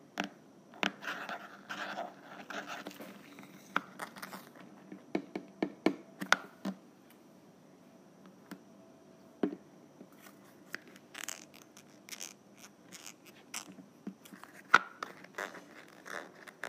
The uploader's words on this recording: ASMR Lid Unscrewing.